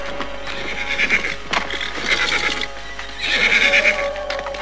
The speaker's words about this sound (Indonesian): Raden, aku mendengar beberapa ekor kuda baru saja melintas jalan ini. Apakah mereka itu para perampok yang kita cari, Raden?